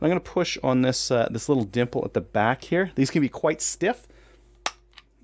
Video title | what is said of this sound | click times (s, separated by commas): Clean your SKS with Me | you hear that click there that's where it went loose | 4.7 s